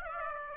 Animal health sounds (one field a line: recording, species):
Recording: mosquito wingbeat signal from an infrared sensor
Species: Aedes aegypti